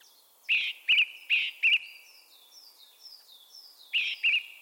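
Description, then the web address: Bird calls: sharp, bright double-peaked notes in two close pairs, then another pair near the end, over a steady chorus of thin, falling whistles. "Bird Only"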